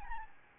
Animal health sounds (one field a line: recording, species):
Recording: mosquito wingbeat signal from an infrared sensor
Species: Aedes albopictus